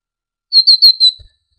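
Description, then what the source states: Great tit song: a short phrase of four clear, high whistled notes in quick succession, evenly spaced, with silence around them. Indonesian masteran recording of great tit song for training songbirds, uploaded November 2014.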